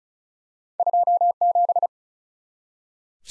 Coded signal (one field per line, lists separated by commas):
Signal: Morse code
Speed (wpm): 36 wpm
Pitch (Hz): 700 Hz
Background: none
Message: 27